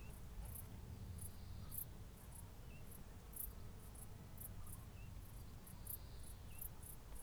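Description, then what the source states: Insects giving faint high chirps, repeated over a low, even background rumble. Hedgerow ambience with insects.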